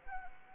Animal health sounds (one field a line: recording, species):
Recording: mosquito wingbeat signal from an infrared sensor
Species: Anopheles arabiensis